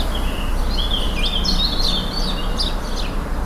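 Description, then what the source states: Birds singing, a high thin twittering with several chirps, over steady low background noise. Birds singing in a garden.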